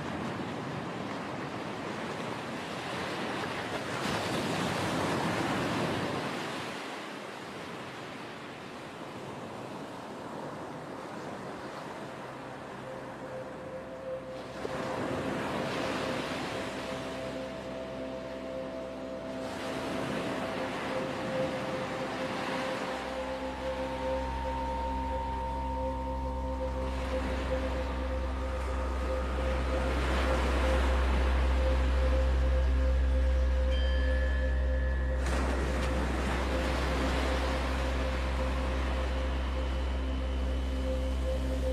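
Ocean waves wash in and out in slow surges, roughly every five seconds, with a soft hissing spray. Under them runs a low, steady drone with sustained tones, and from about twenty-three seconds a deep hum swells and holds to the end.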